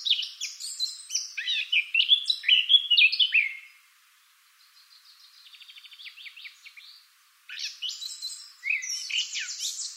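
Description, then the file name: Eurasian blackcap song: energetic scratchy warbling, a quieter run of rapid repeated ticking notes, a brief gap, then warbling again. "Sylvia atricapilla"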